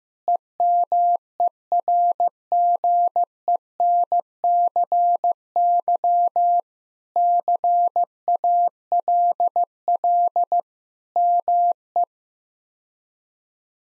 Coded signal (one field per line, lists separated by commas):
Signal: Morse code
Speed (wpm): 15 wpm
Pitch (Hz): 700 Hz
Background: none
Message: EMERGENCY CALL ME